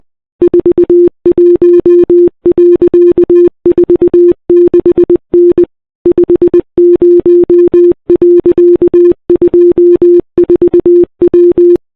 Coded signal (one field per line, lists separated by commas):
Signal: Morse code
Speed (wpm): 20 wpm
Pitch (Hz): 350 Hz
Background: none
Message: 41.46N 50.24W